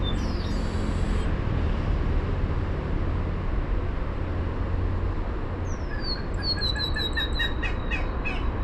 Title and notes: Chrysomus Icterocephalus Bogotensis. monjita bogotana. localidad de Suba, en Bogotá Colombia. miércoles 17 de septiembre del 2025 a las 10:30 a.m